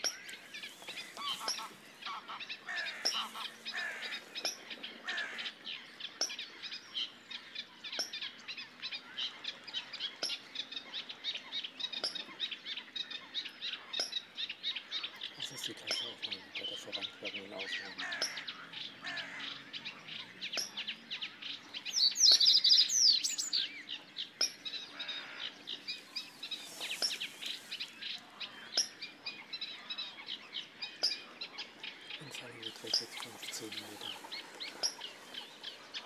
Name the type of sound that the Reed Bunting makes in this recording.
song